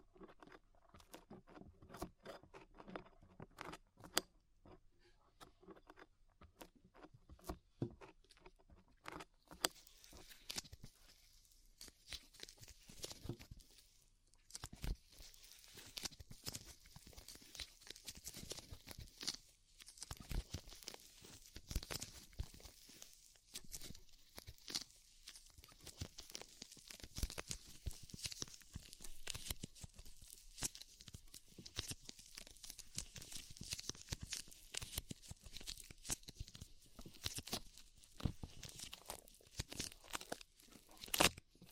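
Ear cleaning with rhinestone and clay removal: a dense run of sharp crackles, pops and sticky tearing sounds, irregular and near-constant throughout. For the first few seconds the clicks stand alone; from around ten seconds a bright, steady crinkly hiss sits under them until the end.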